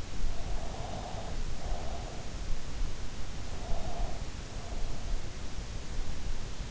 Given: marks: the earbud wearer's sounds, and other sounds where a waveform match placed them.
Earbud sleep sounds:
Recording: sounds in sleep by an in-ear microphone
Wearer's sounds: breath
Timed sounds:
0.46-2.39 s: breath
3.58-5.23 s: breath

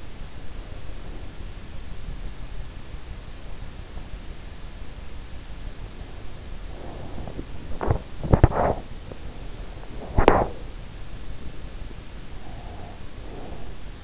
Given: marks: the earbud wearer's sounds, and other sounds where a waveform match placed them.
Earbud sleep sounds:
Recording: sounds in sleep by an in-ear microphone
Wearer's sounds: breath, teeth grinding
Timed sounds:
0.30-1.67 s: breath
5.79-7.75 s: breath
7.75-9.21 s: teeth grinding
9.93-10.68 s: teeth grinding
12.12-13.97 s: breath

